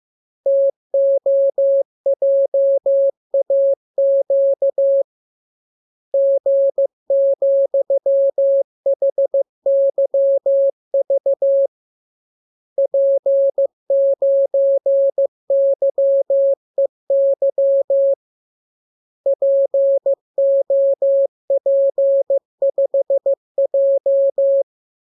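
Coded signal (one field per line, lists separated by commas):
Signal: Morse code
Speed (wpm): 15 wpm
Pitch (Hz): 550 Hz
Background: none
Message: TOJAQ G,HYV P9YEY POP5J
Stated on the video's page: Morse code lesson 29 of a 42-lesson course, opened with VVV and a section sign and closed with AR.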